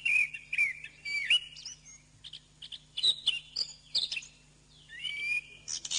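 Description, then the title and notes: Bird song, a few clear whistled phrases mixed with short chirps and a rising slurred note near the end, with a steady low hum behind. Masteran recording, played to teach caged birds their song. "MASTERAN BURUNG. suarane manok"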